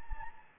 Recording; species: mosquito wingbeat signal from an infrared sensor; Anopheles gambiae